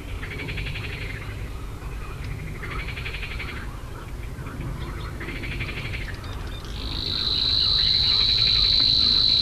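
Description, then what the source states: Savi's warbler song: a high, even buzzing reel starts in the last third, after several bursts of scratchy chattering. Monotonous reeling song, recorded at Slatina pond, Prague, Czech Republic, 16 June 2013, 21:31–21:35 CEST; breeds there regularly in small numbers, at least two breeding pairs in 2013.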